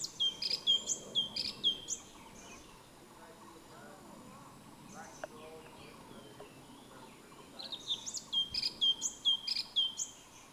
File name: suara burung cucak cungkok orange bellied leafbird